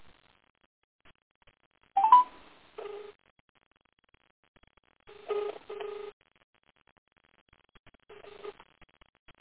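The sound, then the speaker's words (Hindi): Electronic telephone tones sound in three separate bursts a few seconds apart as a mobile phone is called about three times without answer, each a cluster of short buzzy beeps, with silence between and no talking. “मैंने तीन बार लगभग तीन बार ये देखेंगे कितना मिस कॉल गया है उसमें।”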